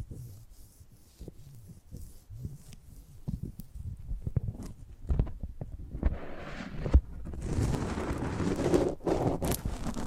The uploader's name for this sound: Close Up Mic Treatment